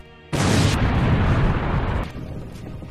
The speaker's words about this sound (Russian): С громким и разрушительным взрывом весь жертвенный алтарь рухнул.